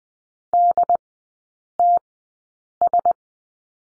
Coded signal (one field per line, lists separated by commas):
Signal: Morse code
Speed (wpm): 20 wpm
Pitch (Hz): 700 Hz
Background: none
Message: DTS